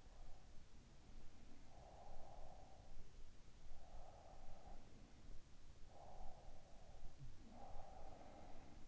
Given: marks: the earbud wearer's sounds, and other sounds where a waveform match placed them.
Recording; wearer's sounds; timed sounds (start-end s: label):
sounds in sleep by an in-ear microphone; breath
0.43-5.47 s: sound from someone else or the room
1.68-5.23 s: breath
5.91-8.88 s: breath
6.94-8.68 s: sound from someone else or the room